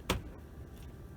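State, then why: Seated. A door trim panel on a Toyota Tundra is lined back up and pressed onto the door after a door lock actuator replacement, with the cables reconnected. A single sharp click at 0.1 s marks its plastic retaining clips snapping into the metal door frame, followed by quiet low background. The panel clip is seated.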